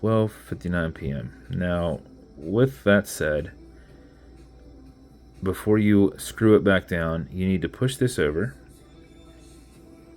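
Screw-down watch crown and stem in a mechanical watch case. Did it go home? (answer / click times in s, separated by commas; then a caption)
no / none. Someone talks while handling the unscrewed screw-down crown and stem of an automatic watch with an NH38 movement in a mechanical watch case, about to push the crown over into the winding position before screwing it back down. Speech fills the clip with quiet pauses, and there are no sharp mechanical sounds. The crown has not clicked into the winding position yet.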